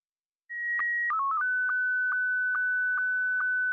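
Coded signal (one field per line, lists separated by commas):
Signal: SSTV (slow-scan television)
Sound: steady whistle, a quick warbling tone sequence, then a flat tone with regular ticking sync pulses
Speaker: black starts at 1500 hertz, and the white would be then at 2300 hertz, and all the gray levels in between. So a sample of that would be right here.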